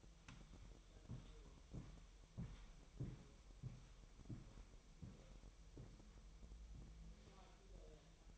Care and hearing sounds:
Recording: daily activity, microphone in the room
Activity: walk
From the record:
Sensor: 1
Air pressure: 1002.0 hPa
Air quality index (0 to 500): 240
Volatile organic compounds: 100 ppm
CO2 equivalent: 3753 ppm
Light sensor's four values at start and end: 8/20/8/9 and 9/21/8/10

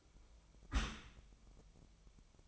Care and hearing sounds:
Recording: daily activity, microphone in the room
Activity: close dishwasher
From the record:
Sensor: 1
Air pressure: 1004.7 hPa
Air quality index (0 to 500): 121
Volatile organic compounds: 4 ppm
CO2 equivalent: 1677 ppm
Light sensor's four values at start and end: 9/21/8/9 and 9/21/8/9

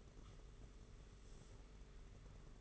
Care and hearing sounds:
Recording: daily activity, microphone in the room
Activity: sweep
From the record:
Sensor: 4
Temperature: 27.1 degrees Celsius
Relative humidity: 38.3%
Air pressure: 992.2 hPa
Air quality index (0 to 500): 110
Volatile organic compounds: 18 ppm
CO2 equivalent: 2631 ppm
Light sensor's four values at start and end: 23/79/29/31 and 23/78/29/30

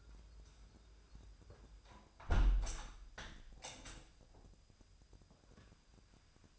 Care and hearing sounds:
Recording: daily activity, microphone in the room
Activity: close window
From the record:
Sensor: 2

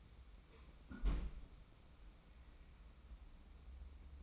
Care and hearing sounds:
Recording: daily activity, microphone in the room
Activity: close fridge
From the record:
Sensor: 1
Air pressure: 994.5 hPa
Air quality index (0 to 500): 220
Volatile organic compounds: 1000 ppm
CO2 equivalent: 7912 ppm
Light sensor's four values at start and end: 144/329/147/163 and 133/304/136/149

